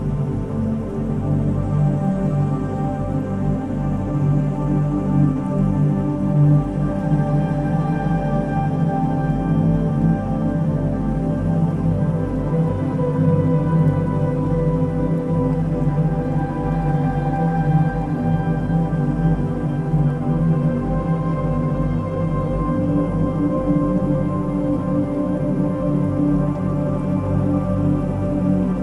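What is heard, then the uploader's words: Healing frequency music with binaural beats: a thick, unbroken drone of layered sustained tones, heaviest in the low and lower-middle range with only a faint upper shimmer. The level stays even throughout, with a gentle fluttering texture and no distinct events. 528 Hz Solar Plexus Healing Frequency Music + Binaural Beats.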